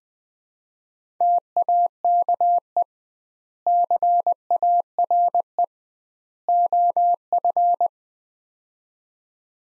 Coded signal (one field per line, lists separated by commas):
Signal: Morse code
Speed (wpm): 21 wpm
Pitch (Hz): 700 Hz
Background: none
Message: TAKE CARE OF